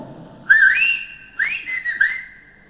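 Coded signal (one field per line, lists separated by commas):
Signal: whistled language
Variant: Silbo canario (whistled Spanish)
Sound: a loud, clear whistle gliding up and down in three short phrases, like speech melody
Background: quiet room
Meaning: David, come and eat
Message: David, ven a comer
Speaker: vamos a silbar ahora david ven a comer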